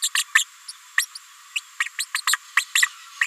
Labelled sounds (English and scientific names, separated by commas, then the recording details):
Green-rumped Parrotlet (Forpus passerinus) babbling
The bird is a female
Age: 30 days
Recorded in a nest box in Venezuela
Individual 17B73B2